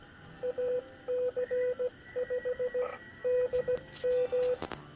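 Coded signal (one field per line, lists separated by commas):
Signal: Morse code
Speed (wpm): 17 wpm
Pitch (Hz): 500 Hz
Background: radio noise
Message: AC5DM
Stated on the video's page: Ident from a GMRS repeater controller under construction and programming.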